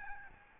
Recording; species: mosquito wingbeat signal from an infrared sensor; Aedes albopictus